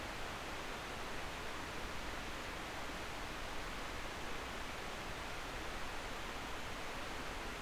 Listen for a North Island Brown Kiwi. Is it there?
no